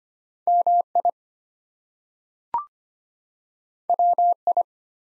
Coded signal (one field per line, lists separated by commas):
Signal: Morse code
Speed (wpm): 25 wpm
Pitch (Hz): 700 Hz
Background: none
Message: MI WI